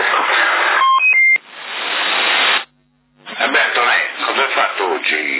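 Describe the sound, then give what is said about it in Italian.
A CB radio call beep from someone calling in on the channel in Sassari: a quick rising run of three short electronic tones cutting through loud hiss, followed by a burst of static and then crackly, band-limited radio voices talking. “C'era solo di te, c'era qua che stava chiamando avanti col bip, chi è?”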